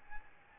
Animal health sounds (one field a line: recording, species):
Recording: mosquito wingbeat signal from an infrared sensor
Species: Aedes albopictus